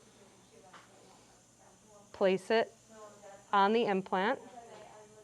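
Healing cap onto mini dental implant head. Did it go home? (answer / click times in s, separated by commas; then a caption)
no / none. A plastic healing cap is picked up and placed onto the head of a mini dental implant, ready to be pushed down to snap on. Someone talks over faint handling noise. Nothing has seated or clicked yet.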